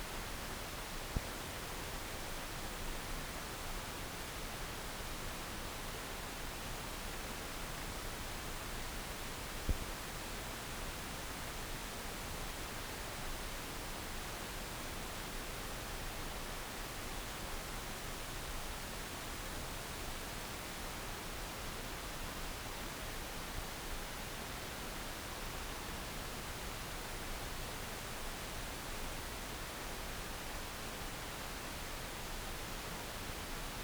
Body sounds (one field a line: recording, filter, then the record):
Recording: brain microelectrode recording played as sound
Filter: wide band, above 20 Hz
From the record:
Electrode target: subthalamic nucleus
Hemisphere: left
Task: reaching with the right hand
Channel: 2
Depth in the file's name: 0.251 mm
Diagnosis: Parkinson's disease